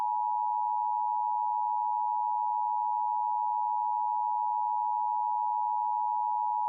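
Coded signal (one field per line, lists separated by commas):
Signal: Emergency Alert System (SAME) tones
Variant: 853 and 960 Hz attention tone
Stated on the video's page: Fictional EAS scenario, preview.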